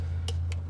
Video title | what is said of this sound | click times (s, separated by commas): DIY: How To Install Replace HID Fog Lights: 07-14 Chevy Tahoe Suburban Avalanche | I don't know if you heard the little latches right now. | 0.3 s, 0.5 s